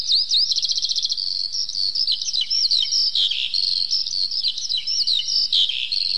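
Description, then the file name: Eurasian skylark song starting with a rapid, even trill, then shifting to looping slurred whistles and bright chirps. "zhavoronok polevoy"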